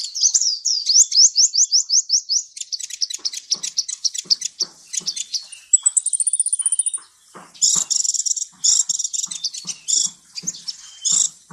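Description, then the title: Sunbird song: fast, high trilled series of upslurred notes, then buzzy chattering bursts and a brief pure rising trill, continuing in loud, clipped phrases separated by short pauses. Selected ninja sunbird song, described as melodious, clear and loud, collected as master song for training cage birds. "Suara Kolibri Ninja Pilihan MERDU, JELAS DAN LANTANG Cocok Dijadikan Masteran Burung Anda"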